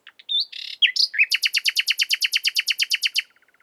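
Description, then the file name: Common nightingale song: varied twangy notes leading into a long, loud, steady run of many rapidly repeated notes, fading with soft clicks. "Luscinia megarhynchos"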